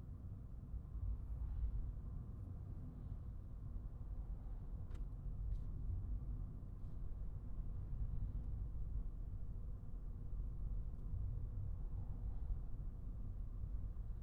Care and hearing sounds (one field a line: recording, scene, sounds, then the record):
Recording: everyday scene through a hearing-aid microphone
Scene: in a vehicle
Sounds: engine, highway traffic jam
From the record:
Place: Skoda Fabia, gasoline engine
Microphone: behind the ear, right, rear